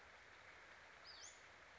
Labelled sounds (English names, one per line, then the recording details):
Western Flycatcher
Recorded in Sonoma County, California